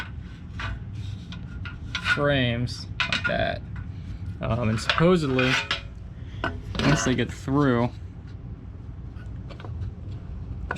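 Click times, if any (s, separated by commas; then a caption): none. Someone talks while sliding a steel frame piece of a VEVOR 220 lb capacity workbench down so its studs will snap into the slots of the upright, with scattered metallic taps, scrapes and clinks. The piece does not snap into place, and nothing has seated or clicked yet, so a rubber mallet is needed to seat it.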